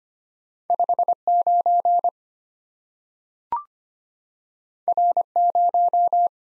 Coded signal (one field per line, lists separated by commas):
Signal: Morse code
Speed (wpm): 25 wpm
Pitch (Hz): 700 Hz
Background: none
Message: 59 R0